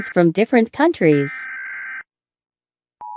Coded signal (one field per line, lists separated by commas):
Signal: Emergency Alert System (SAME) tones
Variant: header bursts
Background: speech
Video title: Rates EAS Alarms from different countries tiktok